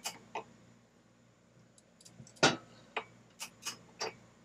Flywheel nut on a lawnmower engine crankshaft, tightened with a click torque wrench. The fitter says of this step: We're just going to torque this thing down until we hear it click.